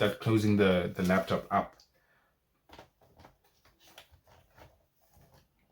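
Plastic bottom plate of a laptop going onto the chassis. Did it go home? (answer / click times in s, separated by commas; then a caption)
yes / 2.7 s, 3.6 s, 4.0 s. Someone talks briefly, then the plastic bottom plate of an Acer Aspire E5-573 laptop is pressed back onto the chassis after a battery replacement. Its retaining clips snap in one after another with sharp clicks at 2.7, 3.7 and 4.0 seconds, among softer handling sounds. The plate is seated firmly in place.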